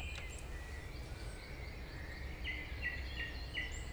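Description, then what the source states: Song Thrush song: a short phrase repeated four times in quick succession near the end, among other bird notes and a steady low rumble. Route Forestière de la Meunaz, Montcel state forest, Montcel, Savoie, France; large forest frequented by thrushes and many other birds.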